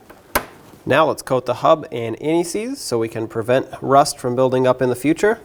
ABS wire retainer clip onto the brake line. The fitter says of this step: lock it down and use this to clip it back onto the brake line